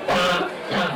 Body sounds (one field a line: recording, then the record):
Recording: coughing mixed with background sound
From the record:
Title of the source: Barking cough - # 10